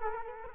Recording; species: mosquito wingbeat signal from an infrared sensor; Culex quinquefasciatus